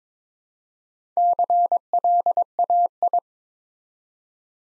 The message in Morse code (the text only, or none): CLAI